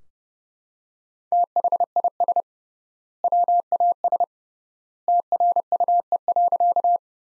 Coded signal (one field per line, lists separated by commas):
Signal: Morse code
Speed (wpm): 30 wpm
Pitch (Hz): 700 Hz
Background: none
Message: THIS WAS TRUE.